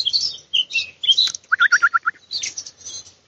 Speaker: Und die ganze Zeit sind hier die Mönchsgrasmücken um mich herum unterwegs und singen.